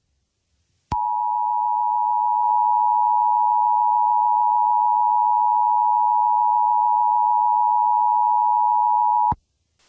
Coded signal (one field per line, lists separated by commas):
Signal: Emergency Alert System (SAME) tones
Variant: 853 and 960 Hz attention tone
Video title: EAS Scenario #7: Code Blue